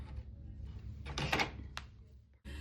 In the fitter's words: with these two little notches. And that locks it into place.